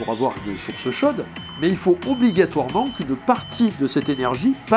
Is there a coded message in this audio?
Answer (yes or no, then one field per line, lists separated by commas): no